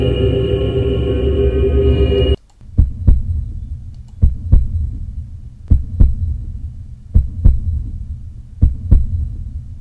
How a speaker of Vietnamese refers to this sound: Nó làm cho nhịp tim của Lục Sắc lại càng đập nhanh hơn.